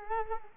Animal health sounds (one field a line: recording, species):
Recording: mosquito wingbeat signal from an infrared sensor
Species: Culex quinquefasciatus